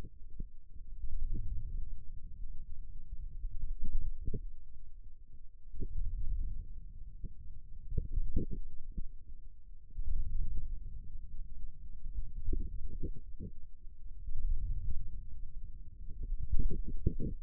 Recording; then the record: forearm muscle sounds (acoustic myography)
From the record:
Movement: wrist flexion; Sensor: system 2, bracelet of six BSWA MPA416 microphones around the upper forearm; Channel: 3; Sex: male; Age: 22 years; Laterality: right